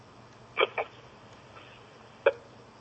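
An adult woman hiccups three times, two in quick succession and then one more after a pause, heard over a phone line.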